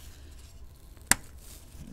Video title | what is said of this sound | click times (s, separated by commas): HP ProLiant BL460c Gen 8 Server Memory Support Overview & Upgrade Tips - How to Install & Configure | you hear that click that click basically lets you know that the module is fully seated | 1.1 s